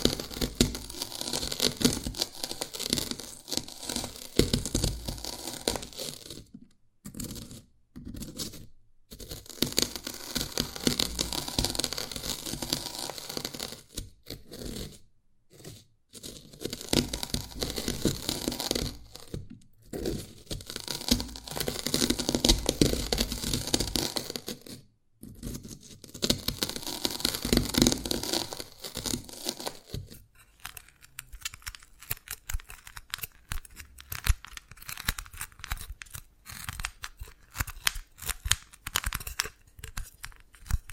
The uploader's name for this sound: Dalgona Candy Challenge Tapping, Cracking Triggers